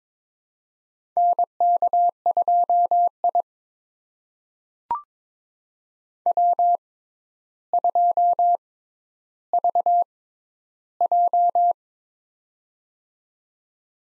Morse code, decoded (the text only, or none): NK2I W2VJ